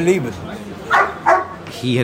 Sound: soundbite of dog barking

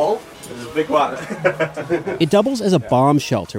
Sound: laughter

